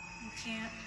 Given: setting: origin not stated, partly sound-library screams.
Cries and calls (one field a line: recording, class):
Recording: one-second piece from a danger detection set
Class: woman in danger